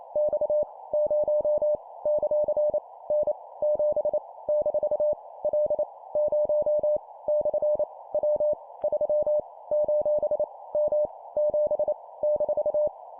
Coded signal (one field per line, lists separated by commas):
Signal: Morse code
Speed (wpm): 28 wpm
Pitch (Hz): 600 Hz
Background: none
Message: X 0 ; N 7 - L 0 / W 3 : M 7 -